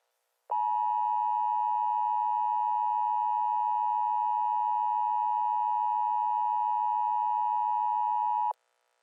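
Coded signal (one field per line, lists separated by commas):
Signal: Emergency Alert System (SAME) tones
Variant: 853 and 960 Hz attention tone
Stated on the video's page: Mock (simulated) Required Monthly Test alert.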